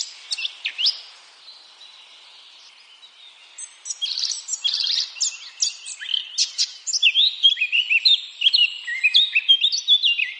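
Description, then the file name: Eurasian blackcap song: a few chirps, a short lull, then a long busy warble of varied twittering and whistled notes. "Sylvia atricapilla"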